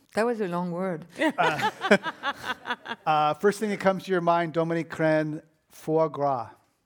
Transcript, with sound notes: That was a long word.
[Laughter]
First thing that comes to your mind Dominique Crenn. Foie